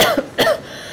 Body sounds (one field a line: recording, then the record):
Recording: coughing mixed with background sound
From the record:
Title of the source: Coughing Woman Sound - Woman Cough Sound Effect